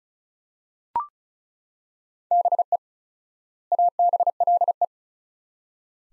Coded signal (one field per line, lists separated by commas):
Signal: Morse code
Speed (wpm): 36 wpm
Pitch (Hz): 700 Hz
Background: none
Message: BE ABLE